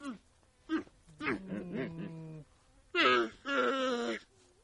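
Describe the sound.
Dromedary giving short moans, then a longer wavering groan, followed by two loud, harsh, rasping bellows.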